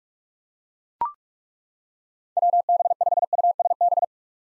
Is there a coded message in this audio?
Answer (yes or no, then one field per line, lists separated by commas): yes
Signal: Morse code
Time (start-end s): 2.4-4.0 s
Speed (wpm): 42 wpm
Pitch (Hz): 700 Hz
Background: none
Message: WB5USB